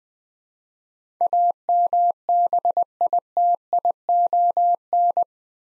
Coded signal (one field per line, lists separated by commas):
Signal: Morse code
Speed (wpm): 20 wpm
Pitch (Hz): 700 Hz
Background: none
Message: AMBITION